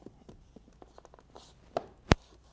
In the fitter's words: and you might have been able to hear it snap into place